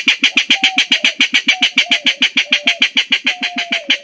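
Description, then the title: Rail producing a steady, fast clatter of dry notes, while a soft, slurred whistle threads through in places. "Familia Rallidae"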